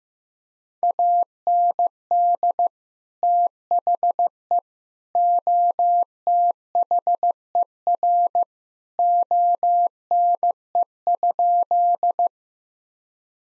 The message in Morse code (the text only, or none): AND THE OTHER ONE?